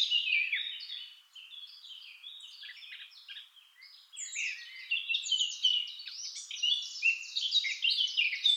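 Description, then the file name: Eurasian blackcap song: a rapid scratchy warble, briefly quieter midway, then returning as a louder, dense run of chattering high notes. "Sylvia atricapilla"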